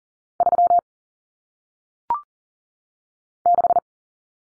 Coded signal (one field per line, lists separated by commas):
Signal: Morse code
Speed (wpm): 40 wpm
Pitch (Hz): 700 Hz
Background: none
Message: 3 6